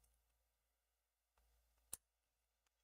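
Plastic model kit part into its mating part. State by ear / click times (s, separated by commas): seated / 1.9 s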